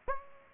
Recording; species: mosquito wingbeat signal from an infrared sensor; Aedes aegypti